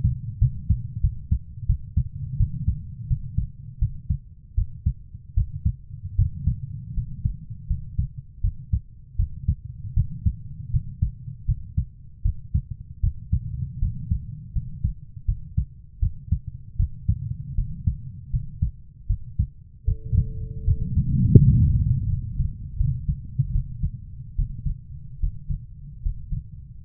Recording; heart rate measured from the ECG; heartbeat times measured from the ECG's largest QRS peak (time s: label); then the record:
heart sounds by stethoscope; 79 bpm
0.39 s: heartbeat
1.01 s: heartbeat
1.66 s: heartbeat
2.37 s: heartbeat
3.08 s: heartbeat
3.79 s: heartbeat
4.55 s: heartbeat
5.34 s: heartbeat
6.16 s: heartbeat
6.94 s: heartbeat
7.67 s: heartbeat
8.41 s: heartbeat
9.16 s: heartbeat
9.94 s: heartbeat
10.71 s: heartbeat
11.46 s: heartbeat
12.22 s: heartbeat
13.01 s: heartbeat
13.79 s: heartbeat
14.53 s: heartbeat
15.25 s: heartbeat
16.00 s: heartbeat
16.77 s: heartbeat
17.55 s: heartbeat
18.30 s: heartbeat
19.07 s: heartbeat
19.85 s: heartbeat
20.65 s: heartbeat
21.40 s: heartbeat
22.08 s: heartbeat
22.77 s: heartbeat
23.52 s: heartbeat
24.35 s: heartbeat
25.20 s: heartbeat
26.02 s: heartbeat
26.83 s: heartbeat
From the record:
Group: healthy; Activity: rest 0-22 s, Valsalva maneuver 22-27 s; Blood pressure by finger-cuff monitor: 124/75 mmHg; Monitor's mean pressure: 91 mmHg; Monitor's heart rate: 79 bpm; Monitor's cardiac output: 6.5 L/min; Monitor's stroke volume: 82 mL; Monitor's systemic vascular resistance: 1020 dyn s/cm5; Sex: female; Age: 24 years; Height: 163 cm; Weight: 55.7 kg